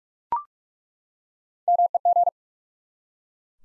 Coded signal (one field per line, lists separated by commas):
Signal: Morse code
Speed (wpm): 43 wpm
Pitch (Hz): 700 Hz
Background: none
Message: MEG